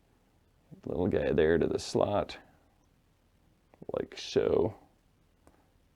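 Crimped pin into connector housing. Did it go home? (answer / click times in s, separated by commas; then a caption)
yes / 5.5 s. Someone talks while a crimped connector pin is pushed into its slot in the plastic connector housing of a Black Hole pinball machine, which has a 40-year-old connector. After a couple of faint taps near 3.7 and 3.8 seconds, the pin seats with a small, sharp click at 5.5 seconds.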